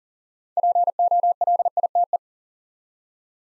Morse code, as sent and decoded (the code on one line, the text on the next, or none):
.--. --- .-.. .. - .
POLITE